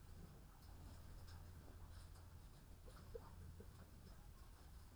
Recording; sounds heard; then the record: poultry house recording; healthy chickens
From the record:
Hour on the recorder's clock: 13